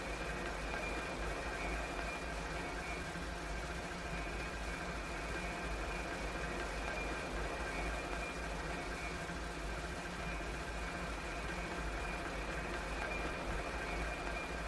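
Street traffic rumbles steadily throughout, a dense, unchanging wash of vehicle engines with a heavy low hum underneath. Faint tonal lines hover in the middle range, and the level stays even from start to finish with no distinct passing events or sirens standing out.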